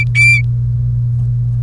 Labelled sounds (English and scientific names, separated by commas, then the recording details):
Domestic Canary (Serinus canaria) song
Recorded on 30 April 2018 at 17:48
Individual llb3